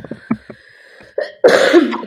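A few faint short sounds lead into a single loud, harsh cough burst lasting about half a second near the end. It is a forceful cough from an adult woman with a lingering cough she cannot shake off, after being sick for about a week. It is otherwise quiet.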